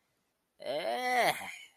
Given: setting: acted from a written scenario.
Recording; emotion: vocal sound without words; disgust